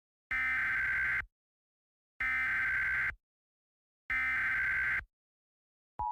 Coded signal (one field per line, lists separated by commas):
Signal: Emergency Alert System (SAME) tones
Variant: header bursts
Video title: Green Virus Part III (+ The Frustrated Kitty, MistfulSkye, Dark Deception Gamer) (EAS Scenario)